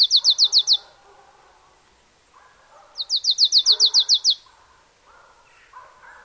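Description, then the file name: Marsh tit giving two fast series of high, sharp repeated notes, a short one then a longer one, with softer lower sounds between bursts. "Poecile palustris"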